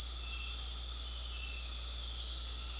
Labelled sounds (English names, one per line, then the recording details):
none
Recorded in dense forest near Puerto Asís, Putumayo, Colombia, on 13 March 2025 at 19:00
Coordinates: 0.503, -76.323
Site GP09